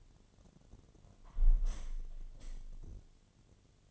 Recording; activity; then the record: daily activity, microphone in the room; close window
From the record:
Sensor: 4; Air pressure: 1007.2 hPa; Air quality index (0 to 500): 182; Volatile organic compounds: 5 ppm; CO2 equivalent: 1812 ppm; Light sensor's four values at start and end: 23/73/28/27 and 23/73/28/27